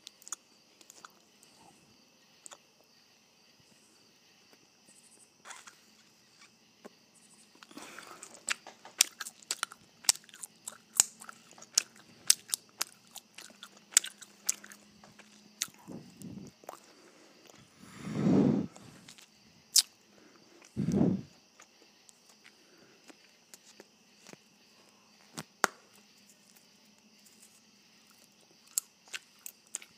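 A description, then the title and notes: Wet gum chewing with sharp clicks and smacks, sparse at first and then packed tightly from about 8 to 16 seconds before thinning out. Two louder, fuller swells near 18 and 21 seconds stand out, and a faint steady hiss runs throughout. ASMR More Gum Chewing!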